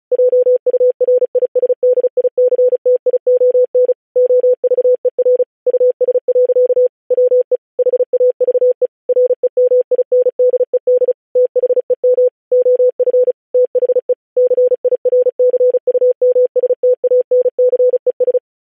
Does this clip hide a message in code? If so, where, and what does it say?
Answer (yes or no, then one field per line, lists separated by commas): yes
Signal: Morse code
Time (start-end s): 0.1-18.4 s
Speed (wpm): 36 wpm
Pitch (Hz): 500 Hz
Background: none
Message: JURISDICTION OVER US. WE HAVE REMINDED THEM OF THE CIRCUMSTANCES